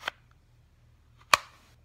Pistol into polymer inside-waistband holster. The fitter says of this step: can hear it snap in right there clicks